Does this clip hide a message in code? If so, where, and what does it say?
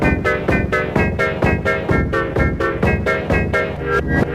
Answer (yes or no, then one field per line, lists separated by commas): no